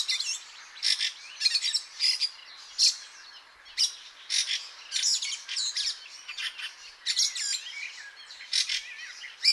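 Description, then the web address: Fieldfare song: rapid, scratchy, squeaking chatter delivered in short bursts, high-pitched throughout. "chant xeno-canto grive litorne"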